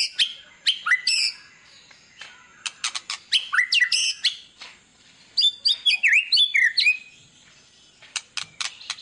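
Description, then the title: White-rumped shama song: varied whistled phrases with sharp rising notes mixed with rapid harsh chattering bursts, pausing between phrases. Lure recording meant to make other white-rumped shamas respond; described as a lively, frequently singing bird. "PANCINGAN MEWAH MURAI BATU GACOR, SEKALI DENGAR AMPUH LANGSUNG RESPON"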